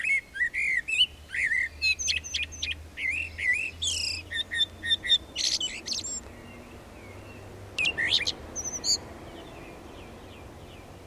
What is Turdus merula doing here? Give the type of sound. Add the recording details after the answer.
song. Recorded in the wild. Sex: male. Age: adult. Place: Bielefeld-Mitte, Nordrhein-Westfalen, DE. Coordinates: 52.0078, 8.54583. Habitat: residential district. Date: 1968-04-20. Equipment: Uher 4000 Report-S, Bändchenmikro Beyer M 260, Parabolspiegel Polyester (470 mm). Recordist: Conrads, Klaus. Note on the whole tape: Bielefeld, Fröbelstraße 92. Männchen auf dem Haus: Gesang, dreimal Pfeifmotiv, langsam, etwas variiert